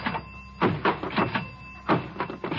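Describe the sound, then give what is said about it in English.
A swimming pool diving board being tested springs repeatedly: a series of hollow, rattling thumps, each followed by a faint twangy ring, arriving in an uneven rhythm of about five bursts, fairly loud, with no voices. “Rochester, what are you doing? I'm testing the diving board.”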